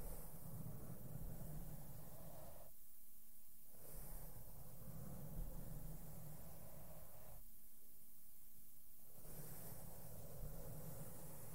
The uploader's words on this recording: ASMR SOFT SOUNDS WITH MAKEUP BRUSHES ON MIC AND MICROPHONE TOUCHING. NO TALKING.